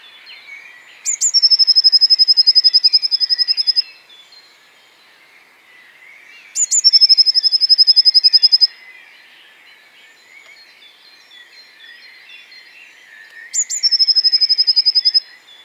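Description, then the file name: Eurasian Blue Tit: three long phrases from a Eurasian blue tit, with sharp high opening notes leading into a fast trill of about two seconds, spaced by pauses. "Cyanistes caeruleus"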